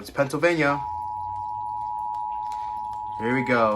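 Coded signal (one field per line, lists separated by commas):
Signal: Emergency Alert System (SAME) tones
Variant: 853 and 960 Hz attention tone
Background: speech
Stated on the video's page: Pennsylvania Required Monthly Test relayed on a TV station, mocking New Jersey.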